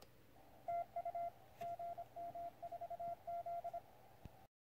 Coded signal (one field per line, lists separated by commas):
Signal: Morse code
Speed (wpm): 26 wpm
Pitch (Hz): 690 Hz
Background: radio noise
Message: TU GM4Z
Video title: Playing with the QCX+ in the TRC DX Contest on 04.October 2020